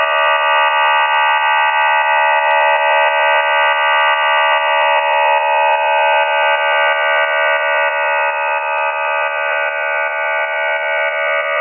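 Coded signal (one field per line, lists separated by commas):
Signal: numbers station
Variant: Q26 QPSK modem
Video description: Chinese digital numbers station Q26 digital counterpart to V26 operates on LSB, described as DPRC QPSK 4 by 4 MODEM.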